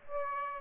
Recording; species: mosquito wingbeat signal from an infrared sensor; Aedes aegypti